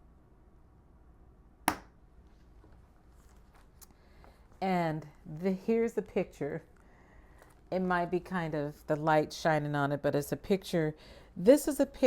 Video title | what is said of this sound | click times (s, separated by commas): S1 E1 - Remembering Mama, Celebrating Slim [Unabridged] | it's going to snap again | 1.7 s